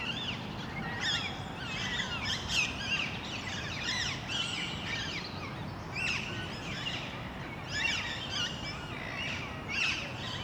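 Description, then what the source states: Parakeets chattering in a noisy group, scratchy screeches repeated in rapid overlapping bursts, with a steady low background drone. Parakeets in Parc Duden, Forest, Brussels, Belgium, recorded just before nightfall with Zoom MicTrak M4 internal XY microphones.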